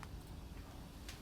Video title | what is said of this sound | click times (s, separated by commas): How to Make The Best Electrical Connection Deutsch Plugs (Wiring Made Easy!) | then we can push the two together and they'll click in place, just like that. | 0.0 s, 1.1 s